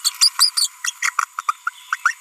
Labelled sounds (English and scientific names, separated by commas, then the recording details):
Green-rumped Parrotlet (Forpus passerinus) babbling
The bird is a female
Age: 30 days
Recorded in a nest box in Venezuela
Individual 17B42B3